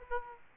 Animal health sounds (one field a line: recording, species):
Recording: mosquito wingbeat signal from an infrared sensor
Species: Aedes aegypti